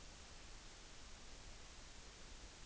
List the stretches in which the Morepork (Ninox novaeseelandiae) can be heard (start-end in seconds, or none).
none